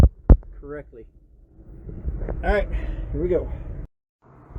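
A plastic component is snapped into the bottom of the radiator of a 2003 BMW 325i, a step that takes some patience. A sharp click at 0.3 s confirms it is seated, and then someone talks.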